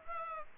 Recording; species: mosquito wingbeat signal from an infrared sensor; Aedes aegypti